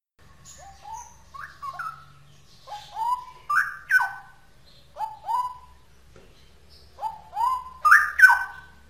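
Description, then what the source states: Straw-headed bulbul giving repeated upslurred fluty whistles in groups of two or three, rising into louder rolling warbles toward the end. Song in the style called ropel; labelled as original (asli).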